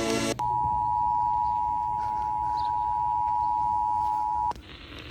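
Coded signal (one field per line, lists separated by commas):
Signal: Emergency Alert System (SAME) tones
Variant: 853 and 960 Hz attention tone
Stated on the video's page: Severe weather EAS alerts received while traveling.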